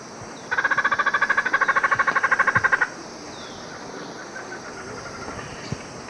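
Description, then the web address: Dusky spinetail delivering a single quick, evenly pulsed rattle of about two and a half seconds, followed by quiet background hiss. Ecuador. "Natures Songs S America Birds of Ecuador. Dusky Spinetail"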